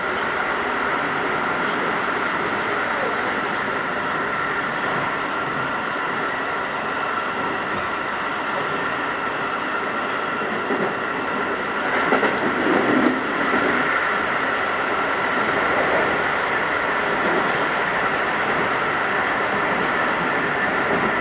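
Aboard a Keikyu New 1000 series aluminum train between Yokohama and Misakiguchi, a steady, dense rumble and hiss of running fills the whole clip at an even level. A thin sustained whine rides on top, and around twelve to fourteen seconds a brief burst of clatter and louder rattling passes.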